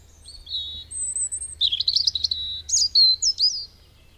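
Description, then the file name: European robin song opening with long, thin, high whistled notes, then breaking into a fast warbled trill and sharp sliding notes, over a quiet low hum. "Erithacus rubecula"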